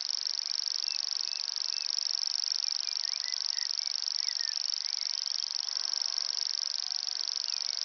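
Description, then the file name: Common grasshopper warbler reeling: a high, dry, insect-like trill held without a break throughout, with faint chirps from other birds beneath. Recorded at Ystad, Sweden, in 2011. "Gräshoppsångare - Locustella naevia-Ystad-Sweden"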